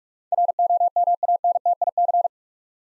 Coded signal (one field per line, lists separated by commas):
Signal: Morse code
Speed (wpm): 42 wpm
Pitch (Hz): 700 Hz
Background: none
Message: ROMANTIC